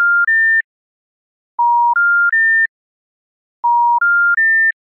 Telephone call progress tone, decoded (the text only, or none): special information tone